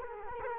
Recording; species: mosquito wingbeat signal from an infrared sensor; Culex quinquefasciatus